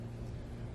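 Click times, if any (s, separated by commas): none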